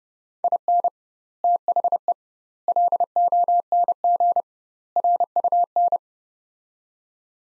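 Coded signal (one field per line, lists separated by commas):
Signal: Morse code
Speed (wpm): 30 wpm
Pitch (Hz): 700 Hz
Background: none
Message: IN THE LONG RUN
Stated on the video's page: Practice drill of sets of four words at 30wpm with doubled word-spacing, a Farnsworth-like method for head-copy practice.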